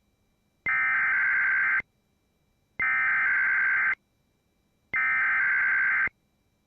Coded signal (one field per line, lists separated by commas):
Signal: Emergency Alert System (SAME) tones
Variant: header bursts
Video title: Winter Storm Warning for Wells, ND, Sheridan, ND, and Kidder, ND (EAS #52)